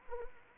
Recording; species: mosquito wingbeat signal from an infrared sensor; Anopheles arabiensis